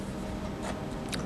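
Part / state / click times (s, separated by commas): sliding styrene wall panel into model hangar base / seated / 1.1 s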